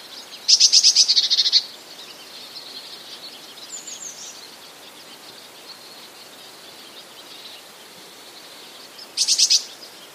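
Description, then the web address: Eurasian blue tit calling with two loud, fast churring bursts well apart, with a faint thin note between them. "wroblowe teka modraszkoteka"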